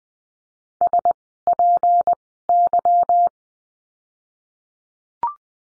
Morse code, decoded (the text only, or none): SPY